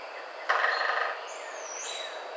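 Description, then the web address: Red-bellied woodpecker: one harsh, rolling churr lasting about half a second, followed by a thin, high whistled note over steady background hiss. Recorded 7 June 2009. "Red-bellied Woodpecker 2009 06 07"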